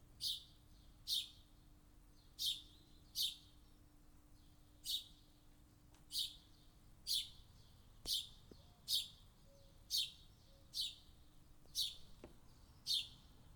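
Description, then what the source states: Bird: short bright high chirps repeated at irregular intervals. Morning.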